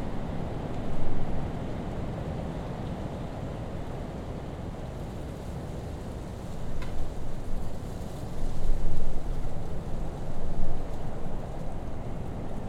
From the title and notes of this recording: Sounds of Northern Michigan: A Blustery Day on Empire Bluff. The Empire Bluff Trail at the Sleeping Bear Dunes National Lakeshore. Overlooking Lake Michigan. This recording features massive wind (welcome to Winter in northern Michigan) blowing through the woods and down the bluff to where I was standing.